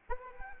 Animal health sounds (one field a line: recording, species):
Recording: mosquito wingbeat signal from an infrared sensor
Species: Anopheles arabiensis